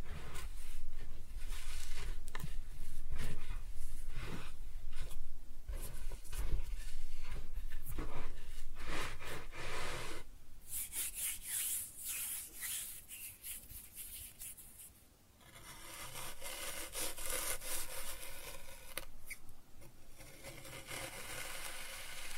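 Kinetic sand being cut and scooped up, a dense run of soft crumbly rubs and scrapes. The first ten seconds are busier with frequent gritty strokes; after that the sounds grow quieter and sparser, with bright grainy hiss rising near the end.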